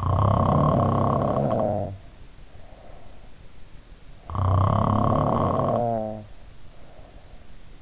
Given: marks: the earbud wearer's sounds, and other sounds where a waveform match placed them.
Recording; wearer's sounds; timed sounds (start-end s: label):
sounds in sleep by an in-ear microphone; snoring breath
0.00-3.48 s: snoring breath
4.23-7.54 s: snoring breath